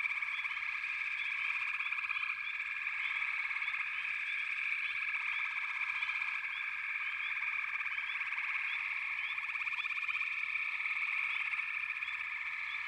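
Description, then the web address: Frog chorus of continuous overlapping trills, with high rising chirps scattered throughout. "The Natural Sounds of the Wilderness 10 CDs collection Echoes of Nature - Frog Chorus"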